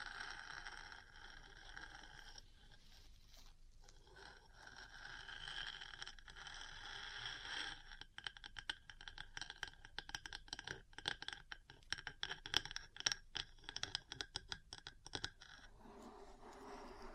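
Metal parts scratch and scrape against each other, starting with a steady rough grinding for the first several seconds. From about eight seconds a dense run of quick, irregular taps and clicks takes over, then eases near the end into softer scraping.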